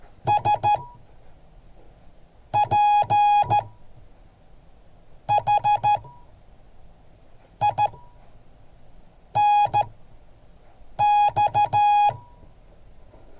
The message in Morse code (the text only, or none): SPHINX